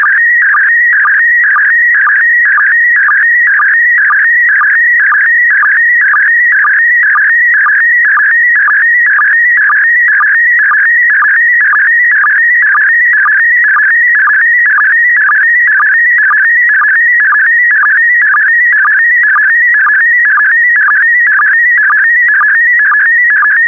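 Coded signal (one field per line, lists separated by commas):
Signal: SSTV (slow-scan television)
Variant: PD120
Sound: warbling whistly tone shifting pitch, with a steady rhythmic low blip about twice a second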